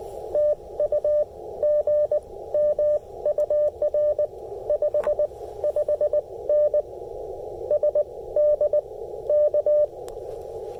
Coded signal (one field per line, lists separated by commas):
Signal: Morse code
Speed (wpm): 17 wpm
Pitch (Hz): 600 Hz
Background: none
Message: TU GM UR 55N SD K